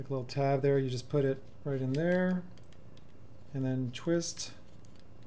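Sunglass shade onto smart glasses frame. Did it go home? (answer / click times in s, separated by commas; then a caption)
no / none. Someone talks while fitting a tinted sunglass shade onto a smart glasses frame, putting it in at the tab and starting to twist it. A few faint, quiet ticks of handling come between the words. Nothing has seated or clicked yet.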